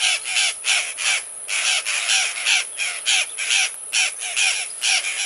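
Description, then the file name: Violaceous jay producing rough, raspy caws repeated quickly at an irregular pace, about two to three each second, without a break. "Canto do gralha violacea"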